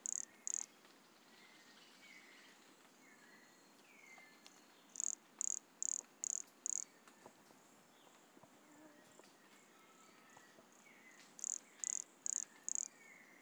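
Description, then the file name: Brachycephalus sulfuratus calling with very high, short pulsed notes: two notes, then a run of five and a run of four evenly spaced notes, over softer whistles and a steady hiss. Recorded at Monte Crista, Brazil, in November 2016, with the animal 100 cm from the microphone. "Brachycephalus sulfuratus Monte Crista 100 cm from microphone Luiz Fernando Ribeiro NOV-2016"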